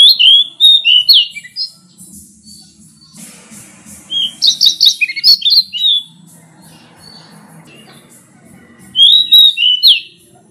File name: suara decu belang